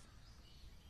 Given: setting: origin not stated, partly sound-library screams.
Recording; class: one-second piece from a danger detection set; normal situation